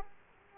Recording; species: mosquito wingbeat signal from an infrared sensor; Aedes aegypti